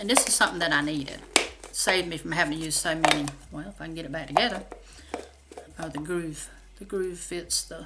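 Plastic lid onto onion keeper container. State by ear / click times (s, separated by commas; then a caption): not seated / none. Someone talks while handling a plastic lid, trying to line up its groove with the base of a plastic onion keeper container, with brief plastic knocks around 5.1 and 5.6 seconds. The lid has not seated or clicked into place yet.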